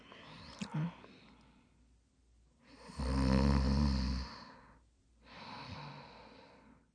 Human element female middle age snore.